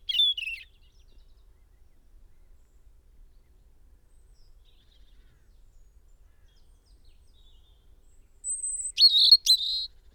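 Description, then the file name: European robin song: a short high twittering phrase, long silence, then a thin sustained whistle followed by quick jumbled high notes. "Erithacus rubecula"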